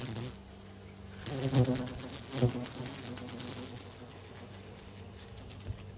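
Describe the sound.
Fly buzzing, a low droning hum that swells loudly twice in the first half, then carries on more softly and unevenly.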